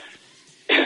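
Adult man coughs once, a short harsh burst; he caught a chill the day before, which affected his throat.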